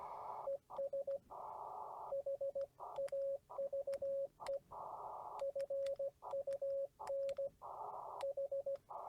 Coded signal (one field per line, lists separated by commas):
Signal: Morse code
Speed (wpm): 16 wpm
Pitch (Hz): 550 Hz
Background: radio noise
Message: ES HAVE FUN H